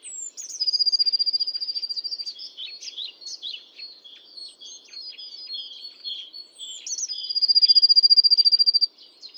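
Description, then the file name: Eurasian blue tit giving two fast, even trills, each opening with a thin high descending note, with varied chirps between the trills. "Cyanistes caeruleus"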